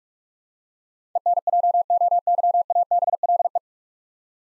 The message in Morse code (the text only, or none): ENJOYABLE